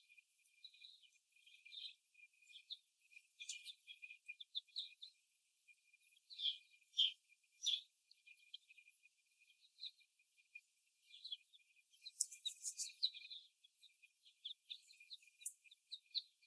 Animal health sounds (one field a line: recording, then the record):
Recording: young laying hens in a cage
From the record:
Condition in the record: before the stressor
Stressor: simulated dog barking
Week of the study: 1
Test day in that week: 1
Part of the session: 2